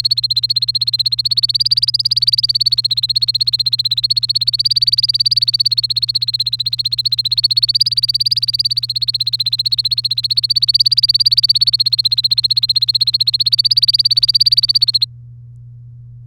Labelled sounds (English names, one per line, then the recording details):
Domestic Canary song
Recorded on 3 May 2018 at 08:13
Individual llb3